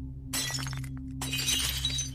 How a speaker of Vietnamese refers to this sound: buông cái hũ rơi xuống đánh xoảng một tiếng. Âm thanh đổ vỡ vang vọng trong đêm.